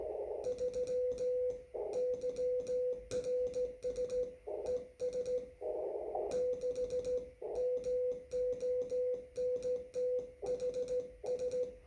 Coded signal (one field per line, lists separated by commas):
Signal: Morse code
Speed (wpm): 16 wpm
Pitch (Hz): 500 Hz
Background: music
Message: 3 YRS ES 6 MONTHS